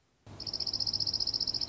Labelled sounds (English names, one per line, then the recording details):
Dark-eyed Junco
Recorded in Sonoma County, California